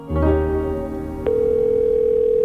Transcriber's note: phone rings